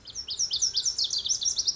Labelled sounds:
Lazuli Bunting

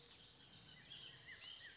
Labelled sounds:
Bullock's Oriole

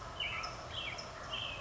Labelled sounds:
American Robin

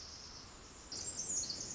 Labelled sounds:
Pacific Wren

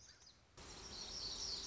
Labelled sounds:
Black-throated Gray Warbler

